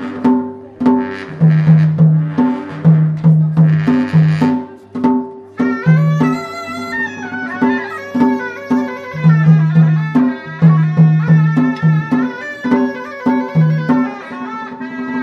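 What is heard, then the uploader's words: Music plays at a festival, built on a steady, repeating pattern of low, booming tones around a bright, sustained melody line. Dense hissing, cymbal-like crashes swell in the first five seconds, then give way to reedy, wavering high notes above the same insistent rhythm. Music playing during festival in Lamayuru Gompa.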